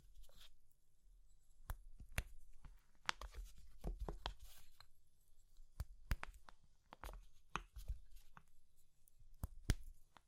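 Crushing of soap, chalk and meringue: sharp crumbly cracks every second or so over a low rustling crunch, with brief quiet gaps.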